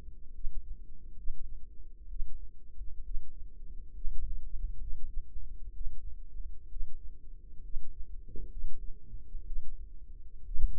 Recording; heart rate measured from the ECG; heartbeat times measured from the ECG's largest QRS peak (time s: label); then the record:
heart sounds by microphone in the left ear; 65 bpm
0.31 s: heartbeat
1.14 s: heartbeat
2.07 s: heartbeat
3.02 s: heartbeat
3.91 s: heartbeat
4.77 s: heartbeat
5.72 s: heartbeat
6.67 s: heartbeat
7.61 s: heartbeat
8.49 s: heartbeat
9.43 s: heartbeat
10.42 s: heartbeat
From the record:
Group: healthy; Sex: female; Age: 36 years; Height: 163 cm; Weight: 88 kg